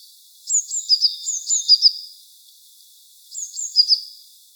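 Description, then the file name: Eurasian blue tit giving high, thin whistled notes that fall into rapid buzzy trills, a longer burst followed by a shorter one, faint hiss behind. "Cyanistes caeruleus"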